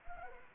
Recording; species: mosquito wingbeat signal from an infrared sensor; Anopheles arabiensis